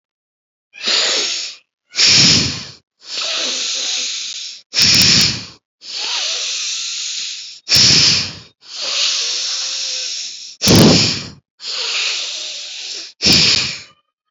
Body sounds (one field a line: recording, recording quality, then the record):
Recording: deep breathing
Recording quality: excellent, no background noise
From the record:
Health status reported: healthy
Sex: female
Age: 38 years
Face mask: not worn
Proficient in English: yes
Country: India